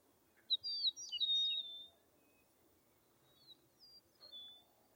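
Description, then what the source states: Bird song: a bright high twittering phrase followed by fainter scattered thin notes. In a meadow.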